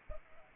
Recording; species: mosquito wingbeat signal from an infrared sensor; Anopheles arabiensis